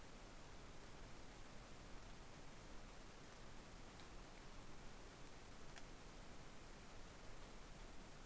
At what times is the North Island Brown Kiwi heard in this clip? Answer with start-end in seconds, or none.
none